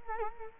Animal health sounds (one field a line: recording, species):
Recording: mosquito wingbeat signal from an infrared sensor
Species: Culex quinquefasciatus